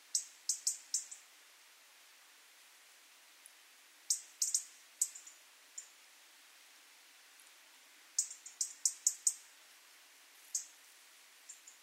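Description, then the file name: European robin ticking: runs of several sharp high clicks separated by pauses of a few seconds, with a few single ticks. "Erithacus rubecula"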